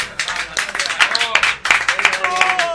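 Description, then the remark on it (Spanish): A host claps his hands for his audience at the end of a show, a quick, steady run of sharp, bright smacks lasting a few seconds, with some voices calling out underneath the clapping. “Ahora les aplaudo yo.”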